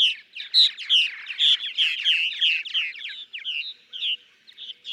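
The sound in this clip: Purple martin song, continuous rich gurgling and liquid chirps tumbling together in a steady, dense chatter.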